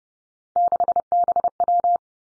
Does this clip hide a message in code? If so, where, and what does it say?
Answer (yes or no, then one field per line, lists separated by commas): yes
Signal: Morse code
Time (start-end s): 0.6-2.0 s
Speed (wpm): 30 wpm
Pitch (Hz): 700 Hz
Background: none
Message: 6BW